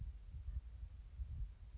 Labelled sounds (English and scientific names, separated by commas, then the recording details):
Anna's Hummingbird (Calypte anna)
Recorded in Sonoma County, California